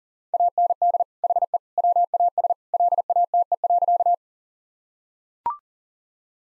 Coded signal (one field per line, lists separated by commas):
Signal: Morse code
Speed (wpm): 40 wpm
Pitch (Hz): 700 Hz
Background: none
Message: AND HE WAS LATE.